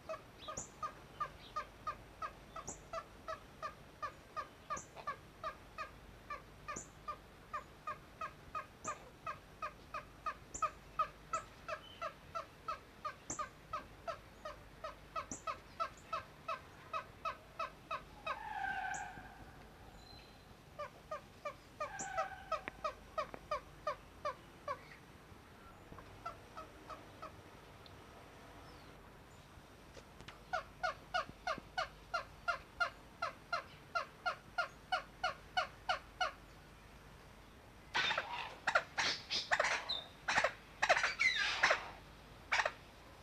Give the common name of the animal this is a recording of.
Gough Moorhen